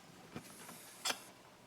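A valve spring compressor's screw is backed off on a small 212 engine cylinder head (Predator, Ducar or Tillotson type), letting the steel valve spring retainer rise toward the keepers on the valve stem. A soft low knock is heard at about 0.4 s, then a brief bright, hissy burst of metal handling noise around 1.1 s. Nothing has seated or clicked into place yet.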